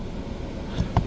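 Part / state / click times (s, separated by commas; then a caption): rear view mirror base onto windshield mount / seated / 1.0 s. A 2022-2025 Honda Civic rear view mirror base is turned onto its windshield mount against a steady low rumbling background with a softer knock near 0.8 s. One sharp click at 1.0 s marks the base twist-locking into place on the mount.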